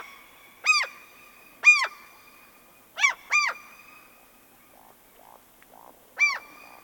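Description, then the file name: Gull calls, clear and strident, given singly and as a quick pair, with softer, fainter yelps between them. A flock of seagulls passing. "Digiffects Sound Effects Library - Flock of Seagulls Passing"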